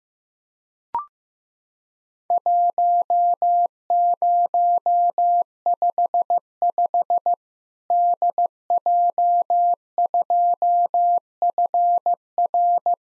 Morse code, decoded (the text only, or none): 1055 DJ2FR